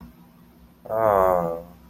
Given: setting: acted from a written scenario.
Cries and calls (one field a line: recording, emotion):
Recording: vocal sound without words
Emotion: romantic love